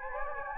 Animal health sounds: mosquito wingbeat signal from an infrared sensor; Anopheles gambiae

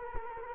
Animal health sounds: mosquito wingbeat signal from an infrared sensor; Culex quinquefasciatus

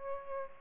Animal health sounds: mosquito wingbeat signal from an infrared sensor; Aedes aegypti

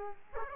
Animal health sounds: mosquito wingbeat signal from an infrared sensor; Aedes aegypti

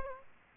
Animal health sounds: mosquito wingbeat signal from an infrared sensor; Aedes aegypti

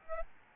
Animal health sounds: mosquito wingbeat signal from an infrared sensor; Aedes albopictus

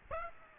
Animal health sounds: mosquito wingbeat signal from an infrared sensor; Aedes aegypti

